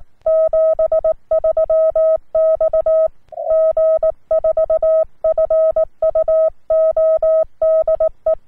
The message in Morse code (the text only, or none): 73 X G4FUO DE